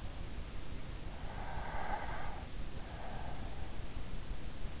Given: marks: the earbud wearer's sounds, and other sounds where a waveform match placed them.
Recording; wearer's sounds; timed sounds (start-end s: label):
sounds in sleep by an in-ear microphone; breath
1.10-3.85 s: breath